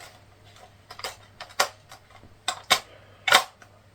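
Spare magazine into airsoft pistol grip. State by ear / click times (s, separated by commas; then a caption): not seated / none. A spare pink magazine is pushed into the grip of a Worker Cheetah 2.0 airsoft sniper pistol, producing a series of sharp clacks and knocks around 1.0, 1.4, 1.6, 2.5, 2.7 and 3.3 seconds over a low steady hum. The magazine has the same problem as before: it does not latch, and nothing has seated or clicked into place.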